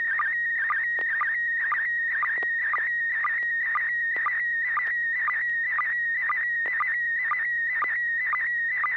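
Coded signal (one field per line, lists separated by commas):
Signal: SSTV (slow-scan television)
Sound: warbling high tone around 2 kHz with quick low blips roughly twice a second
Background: low hum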